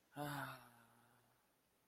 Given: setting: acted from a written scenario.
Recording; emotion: vocal sound without words; romantic love